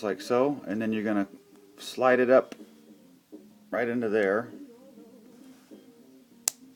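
A plastic limb section of a mini-figure on a transforming toy is slid up into its slot on the toy body. Someone talks over quiet background sounds. The part seats with a sharp little click at 6.5 s.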